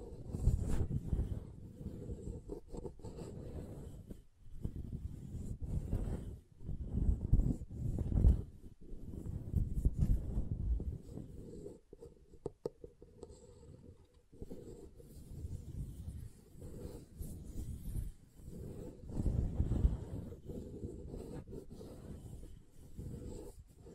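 Soap being tapped and carved, with dense scraping and rubbing sounds that sit mostly low and muffled. The scraping runs in uneven bursts with brief pauses, and sharp taps or knocks stand out throughout. A faint hiss lingers high in the background.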